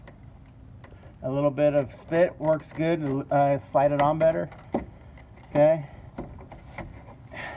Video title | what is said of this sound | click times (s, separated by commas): Replacing A Fuel Pump | and you want to hear it click there we go and we're good | 6.8 s